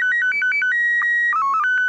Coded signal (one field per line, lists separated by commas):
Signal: SSTV (slow-scan television)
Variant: Scottie 1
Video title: Fenis SSTV Scottie 1